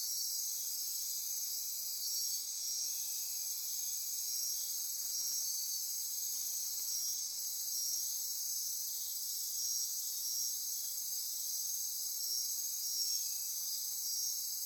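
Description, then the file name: Insect chorus of many high, steady trills, with short pulsed notes repeating in rows. Insect chorus recorded at midnight near Corcovado. "Wind-is-the-Original-Radio-Fridays 20240628 Andy-Martin Midnight-Insect-Chorus-Near-Corcovado"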